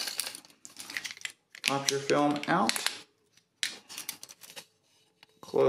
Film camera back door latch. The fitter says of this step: to get it up you lift this all the way and it'll pop this off